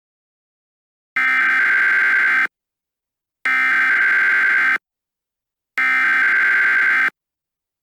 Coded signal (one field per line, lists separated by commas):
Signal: Emergency Alert System (SAME) tones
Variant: header bursts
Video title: EAS Scenario - Double Threat: SCP-106 & -280